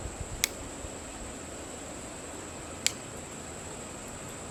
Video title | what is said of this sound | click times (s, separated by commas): Three Speedloaders Compared | So you can hear that click. | 0.4 s, 2.9 s